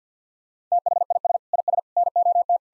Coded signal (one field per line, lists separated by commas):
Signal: Morse code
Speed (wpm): 50 wpm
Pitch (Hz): 700 Hz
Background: none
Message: THIS IS NOT